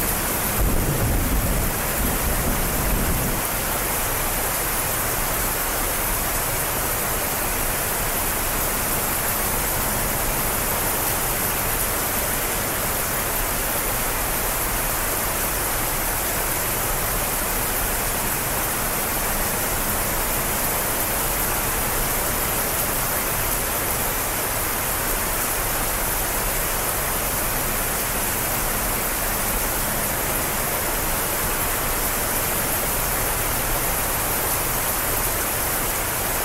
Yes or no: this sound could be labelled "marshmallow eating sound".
no